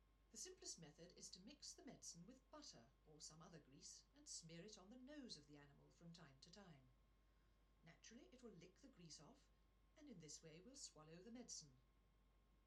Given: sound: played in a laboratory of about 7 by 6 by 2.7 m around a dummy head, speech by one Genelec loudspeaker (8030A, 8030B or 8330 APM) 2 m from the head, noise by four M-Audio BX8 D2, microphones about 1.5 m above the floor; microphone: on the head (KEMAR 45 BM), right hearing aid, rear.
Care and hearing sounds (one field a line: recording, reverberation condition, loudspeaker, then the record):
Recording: female speech in English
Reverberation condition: low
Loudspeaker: 30 degrees to the right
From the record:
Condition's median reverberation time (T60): about 310 ms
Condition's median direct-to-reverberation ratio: about 3.5 dB